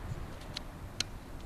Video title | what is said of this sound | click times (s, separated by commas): Crosman 1077TAC Review and First Shooting | there once it clicks into place she's ready to go so | 0.6 s, 1.0 s